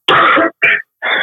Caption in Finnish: En mä enää onneksi kuin tää yskä, mutta mä oon kyllä ollut aika terve.